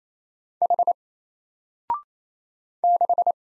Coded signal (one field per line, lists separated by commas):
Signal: Morse code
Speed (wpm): 27 wpm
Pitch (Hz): 700 Hz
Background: none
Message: H 6